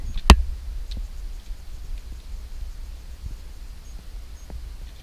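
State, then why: Seated. The middle plastic case piece is pressed gently over a Raspberry Pi 2 board and snaps into place with one sharp, bright click at 0.3 s. It is followed by a faint tick near 0.9 s and quiet low-level background noise. The piece is seated.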